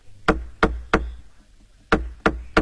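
Someone outside knocks on the door knocker of a nunnery on a rainy night: three sharp, evenly spaced raps, a short pause, then three more in the same steady rhythm. Each knock is loud and resonant, with nothing else heard between them.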